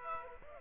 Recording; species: mosquito wingbeat signal from an infrared sensor; Aedes aegypti